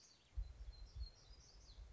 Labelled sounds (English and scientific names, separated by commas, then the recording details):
Black-throated Gray Warbler (Setophaga nigrescens)
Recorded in Sonoma County, California